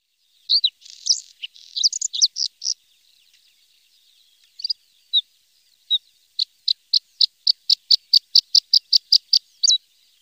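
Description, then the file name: Bluethroat: songbird phrases: a burst of scratchy mixed notes, a few scattered chips, then a long even series of rapid clicking notes. "blauwborst bluethroat"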